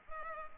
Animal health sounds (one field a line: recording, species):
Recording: mosquito wingbeat signal from an infrared sensor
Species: Culex pipiens